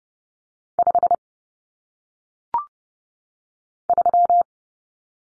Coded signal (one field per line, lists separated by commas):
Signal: Morse code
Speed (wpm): 30 wpm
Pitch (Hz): 700 Hz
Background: none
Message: 5 3